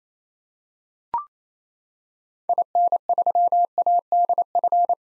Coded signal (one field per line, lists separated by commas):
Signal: Morse code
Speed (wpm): 27 wpm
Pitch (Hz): 700 Hz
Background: none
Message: IN3ADF